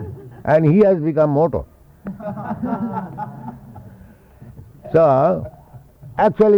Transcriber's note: laughter